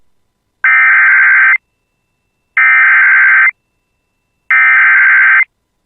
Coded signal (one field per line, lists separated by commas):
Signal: Emergency Alert System (SAME) tones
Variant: header bursts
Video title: [EAS] Severe Thunderstorm Warning for Clearwater County and White Earth Nation (8/11/25)